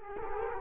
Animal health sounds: mosquito wingbeat signal from an infrared sensor; Culex quinquefasciatus

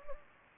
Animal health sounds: mosquito wingbeat signal from an infrared sensor; Anopheles gambiae

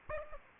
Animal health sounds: mosquito wingbeat signal from an infrared sensor; Aedes aegypti

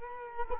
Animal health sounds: mosquito wingbeat signal from an infrared sensor; Culex quinquefasciatus

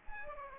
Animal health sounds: mosquito wingbeat signal from an infrared sensor; Aedes aegypti

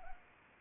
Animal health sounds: mosquito wingbeat signal from an infrared sensor; Anopheles arabiensis

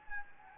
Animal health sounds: mosquito wingbeat signal from an infrared sensor; Anopheles gambiae

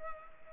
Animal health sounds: mosquito wingbeat signal from an infrared sensor; Culex pipiens

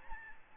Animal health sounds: mosquito wingbeat signal from an infrared sensor; Aedes albopictus

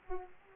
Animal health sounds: mosquito wingbeat signal from an infrared sensor; Aedes aegypti

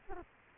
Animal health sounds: mosquito wingbeat signal from an infrared sensor; Culex quinquefasciatus

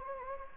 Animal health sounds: mosquito wingbeat signal from an infrared sensor; Anopheles gambiae

